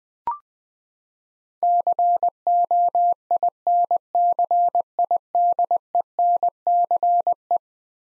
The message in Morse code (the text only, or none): COINCIDENCE